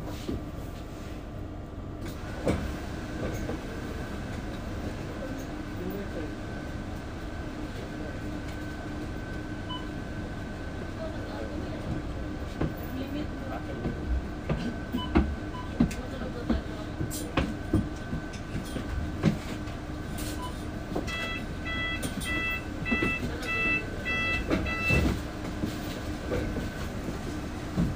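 Riding inside a bus: a steady low engine rumble with a constant whine runs throughout, dotted with rattles and knocks. Faint voices sit in the background, and from about 21 to 25 seconds a repeated beeping chime sounds.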